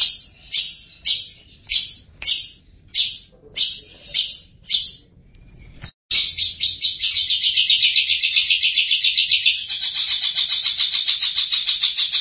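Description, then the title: Long-tailed shrike song: about ten harsh, separate notes roughly every half second, a brief gap, then a long rapid buzzy trill. Champion competition songbird. "Kicau Burung Cendet Juara"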